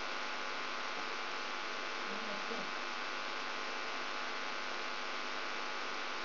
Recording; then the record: brain microelectrode recording played as sound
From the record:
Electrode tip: outside the subthalamic nucleus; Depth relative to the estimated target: -8 mm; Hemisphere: right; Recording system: AlphaMap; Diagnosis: Parkinson's disease